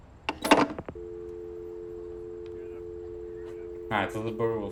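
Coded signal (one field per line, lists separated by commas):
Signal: telephone call progress tone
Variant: North America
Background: speech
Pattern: dial tone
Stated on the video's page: Call progress tone from the game Leisure Suit Larry Reloaded, played on PC.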